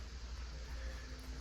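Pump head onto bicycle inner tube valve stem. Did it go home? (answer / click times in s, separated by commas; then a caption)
no / none. A pump head is pushed onto the valve stem of a bicycle inner tube to add a little air, over a steady low rumble with a faint thin tone and a brief soft bump at the very end. Nothing has clicked or seated; the pump head fails to lock onto the valve, so no air can go in.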